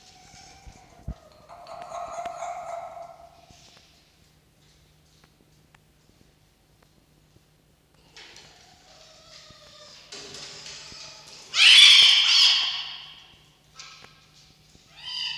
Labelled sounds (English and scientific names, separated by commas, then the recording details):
Red Fox (Vulpes vulpes)
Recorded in captivity
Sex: pair
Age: adult
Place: Zoologisches Institut der HUB, Berlin, DE
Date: 1953-02-25 17:35
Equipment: Elmetra
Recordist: Tembrock, Günter
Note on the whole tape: Begrüßung zwischen Fiffi und Jupp. Fiffi: Keifen-Kreischen-Winseln; Jupp: Ranzwinseln und Ranzbellen